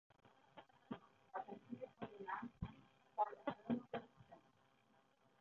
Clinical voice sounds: short text; Brazilian Portuguese; female; 30 to 39 years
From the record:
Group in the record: control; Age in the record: 33 years

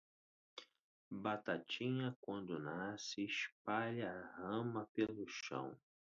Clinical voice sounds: short text; Brazilian Portuguese; male; 50 to 59 years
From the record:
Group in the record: control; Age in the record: 52 years

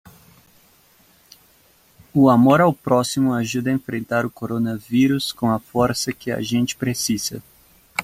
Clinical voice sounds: spoken sentence; Brazilian Portuguese; male; 20 to 29 years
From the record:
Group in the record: control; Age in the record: 29 years

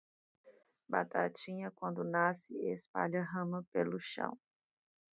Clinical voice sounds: short text; Brazilian Portuguese; female; 40 to 49 years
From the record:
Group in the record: control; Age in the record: 40 years

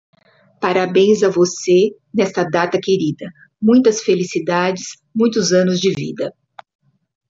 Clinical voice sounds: short text; Brazilian Portuguese; female; 60 to 69 years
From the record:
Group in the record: control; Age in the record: 60 years

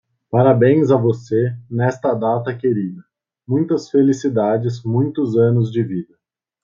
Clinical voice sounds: short text; Brazilian Portuguese; male; 20 to 29 years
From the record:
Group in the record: control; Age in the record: 25 years

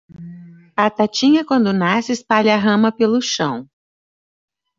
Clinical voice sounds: short text; Brazilian Portuguese; female; 60 to 69 years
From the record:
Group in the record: control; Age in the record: 61 years

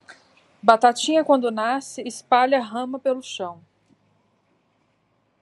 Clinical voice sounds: short text; Brazilian Portuguese; female; 30 to 39 years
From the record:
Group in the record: control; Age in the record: 33 years

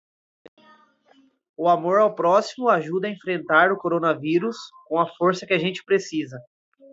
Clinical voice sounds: spoken sentence; Brazilian Portuguese; male; 20 to 29 years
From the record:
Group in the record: control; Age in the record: 25 years

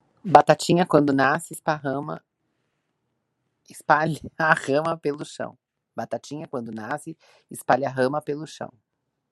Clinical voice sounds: short text; Brazilian Portuguese; female; 50 to 59 years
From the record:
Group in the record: control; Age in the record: 50 years

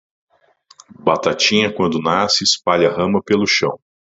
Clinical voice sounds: short text; Brazilian Portuguese; male; 40 to 49 years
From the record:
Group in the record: control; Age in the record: 42 years

